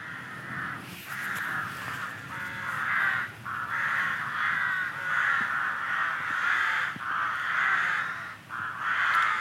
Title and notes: 20151101-Crows - Eelde NL. Sounds of Crows in trees in Eelde NL